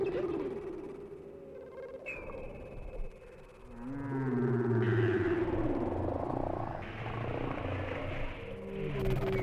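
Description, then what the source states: Whale song with low moaning tones, several calls overlapping over a steady rumble. Whale sounds without music, for sleep.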